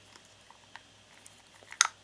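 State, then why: Seated. During a test fit of a repaired 1/6 scale Dragon action figure waist, the second plastic abdominal half is pressed onto the spring-tensioned waist joint, with the spring tension holding the piece in place. Faint small ticks and rustles lead up to a sharp, loud snap at 1.8 s as the ab half seats into the torso.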